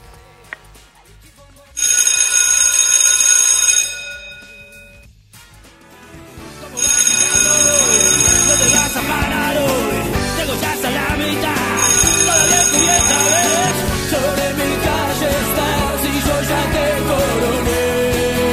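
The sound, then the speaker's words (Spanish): A loud, shrill school recess bell, rung by an operator to signal a break, rings in a sustained two-second burst, pauses, then rings again in bursts over a busy stretch of music, with no talking. “Ahora le pedimos a nuestro operador que toque el timbre y nos tomamos un recreo.”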